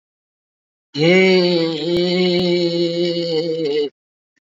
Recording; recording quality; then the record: sustained vowel as in made; excellent, no background noise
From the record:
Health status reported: COVID-19 positive, moderate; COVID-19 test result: positive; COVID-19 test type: RT-PCR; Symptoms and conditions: cough, cold, breathing difficulty, sore throat, fever, fatigue, muscle pain, diarrhoea, hypertension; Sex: male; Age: 36 years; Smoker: yes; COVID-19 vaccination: one dose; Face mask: worn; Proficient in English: no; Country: India